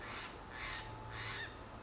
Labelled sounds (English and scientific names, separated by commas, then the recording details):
Steller's Jay (Cyanocitta stelleri)
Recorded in Sonoma County, California